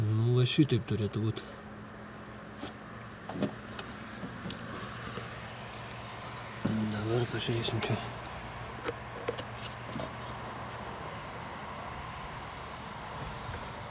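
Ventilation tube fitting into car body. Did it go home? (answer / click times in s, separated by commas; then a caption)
no / none. A ventilation/drain tube fitting on an Audi A4 (B5) is handled and pushed toward its spot in the car body, under the rear of the car, while a water leak into the cabin is being fixed. Someone talks over handling noises and a few short knocks and taps. Nothing has seated or clicked yet.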